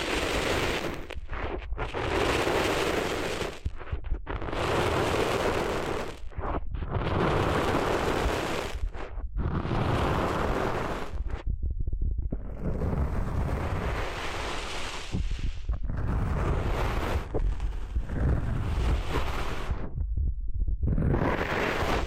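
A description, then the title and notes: Sand is being cleaned out of an ear: loud, dense scratchy rubbing comes in long bursts, each a couple of seconds, broken by brief pauses about every two to three seconds. A steady low rumble continues underneath throughout. ASMR Cleaning Sand Out of Your Ears (No Talking).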